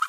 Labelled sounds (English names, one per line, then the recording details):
Green-rumped Parrotlet babbling
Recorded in a nest box in Venezuela
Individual 18B25A4